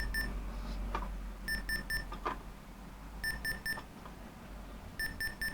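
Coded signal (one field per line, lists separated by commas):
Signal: beep code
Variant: Sega SC-3000 BASIC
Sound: repeating groups of three short high beeps, with faint clicks between groups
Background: room noise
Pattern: 3 short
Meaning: Three beeps indicate a video RAM failure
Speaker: worth a shot uh there we go three beeps be beep beep beep beep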